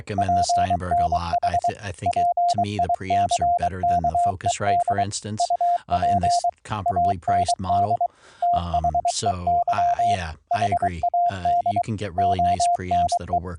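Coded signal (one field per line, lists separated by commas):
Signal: Morse code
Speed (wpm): 23 wpm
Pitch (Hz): 700 Hz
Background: speech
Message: PNH PICKED UP AND THEY HAD ONE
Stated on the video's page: CW sent over a VLF 12 kHz AM-modulated transmitter and receiver, routed over IP with a modified Python script; live demo.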